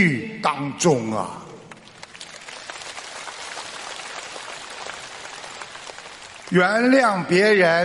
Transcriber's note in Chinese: 掌声